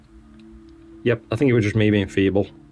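A metal adapter or drawer piece is handled in the imaging train of a Player One Poseidon-C Pro astro camera, still not pushed home, so nothing has seated or clicked yet. A quiet steady hum runs throughout, with a faint tick at about 0.4 s. From about 1.0 s, someone talks.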